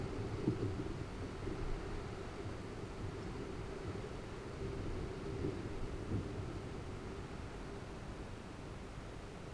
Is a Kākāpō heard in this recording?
no